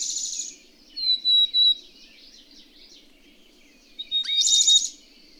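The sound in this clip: Bird song: a brief scratchy burst, two or three pure high whistled notes, then another harsh burst mixed with a whistle, over soft twittering.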